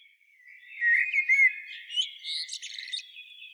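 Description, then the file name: Common blackbird song: a clear fluty phrase rising and falling, followed by a fainter high-pitched scratchy twitter. "Turdus merula"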